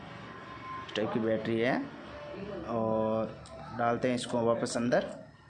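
The rechargeable battery of a Canon EOS 80D DSLR is handled and pushed back into the camera's battery compartment while someone talks. Faint handling sounds sit under the speech, and the clip ends before the battery goes home, so nothing has seated or clicked yet.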